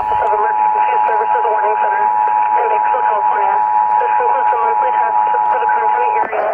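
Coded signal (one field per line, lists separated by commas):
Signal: Emergency Alert System (SAME) tones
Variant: 853 and 960 Hz attention tone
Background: speech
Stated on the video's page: Required monthly tests for Kern and Los Angeles counties, caught live while visiting Palm Desert.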